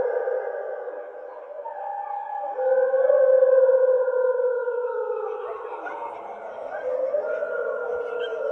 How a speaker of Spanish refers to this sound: cuesta a mí mucho trabajo al principio distinguir el lobo de la cantante.